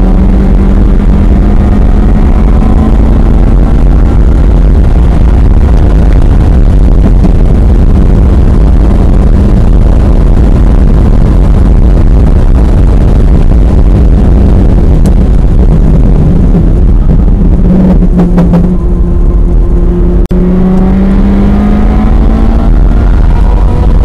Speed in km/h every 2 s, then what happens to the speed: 147, 153, 169, 169, 174, 177, 179, 137, 93, 103, 126, 135.
0-12 speeds up to 179. 12-16 brakes to 93. 16-21 speeds up to 135.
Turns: none.